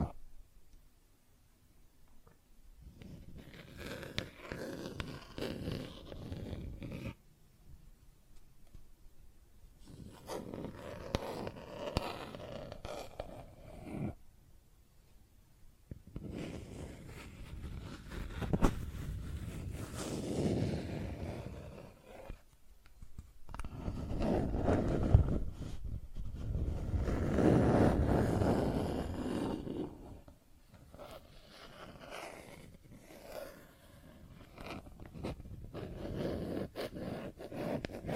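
Plastic objects are scratched and tapped in bursts of a few seconds separated by short pauses. The rubbing is dense and gritty, with a hollow, low-heavy body, and grows loudest and busiest around the middle and near 25–30 seconds.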